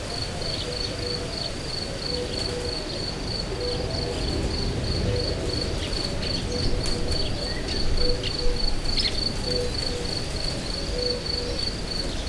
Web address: allathangok termeszetben tucsok professzionalis 2014 elhaladorepulo fecskek hortobagy